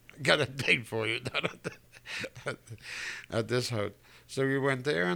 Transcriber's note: he laughs